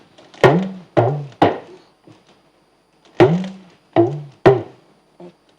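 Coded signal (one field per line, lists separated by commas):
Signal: talking drum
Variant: Yoruba dundun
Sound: two phrases of three deep drum strokes, each pitch bending up then down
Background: small room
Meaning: A greeting of good morning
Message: good morning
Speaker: if you're going to say good mornings for our viewers just a good okay in english whatever one in any language in any language but with the talking draw [Music]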